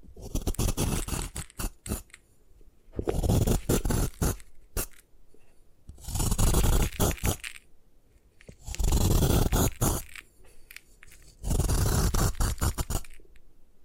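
Gym chalk is crushed and ground in bursts of rough scraping and gritty crunching, with short sharp clicks and cracks scattered between. Dense grinding spells come around 3–5, 6–8, 9–10 and 11.5–13 seconds, separated by quieter gaps with isolated snaps.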